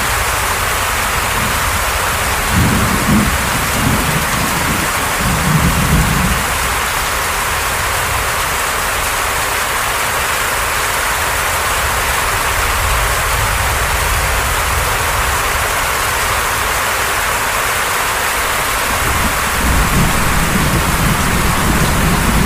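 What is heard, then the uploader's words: Steady, dense tropical rain hisses throughout, with low thunder rumbling near the start, around six seconds, and again near the end. Tropical Storm Thunder and Rain Sounds.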